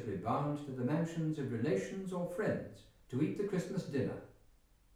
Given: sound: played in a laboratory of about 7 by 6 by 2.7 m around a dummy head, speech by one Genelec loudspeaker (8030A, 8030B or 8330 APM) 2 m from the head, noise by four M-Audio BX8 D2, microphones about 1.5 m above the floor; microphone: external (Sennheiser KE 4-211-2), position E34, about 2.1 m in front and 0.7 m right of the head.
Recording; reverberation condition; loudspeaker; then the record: male speech in English; medium; 150 degrees to the left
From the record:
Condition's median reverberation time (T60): about 510 ms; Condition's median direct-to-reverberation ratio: about -0.5 dB